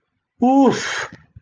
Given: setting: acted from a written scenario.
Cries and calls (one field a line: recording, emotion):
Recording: vocal sound without words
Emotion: relief